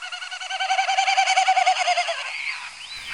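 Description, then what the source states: Common Snipe winnowing, a rapid pulsing, tremulous hoo-hoo-hoo lasting about two seconds, followed by a faint thin call. Eerie winnowing flight call, presented among night flight calls of migrating birds.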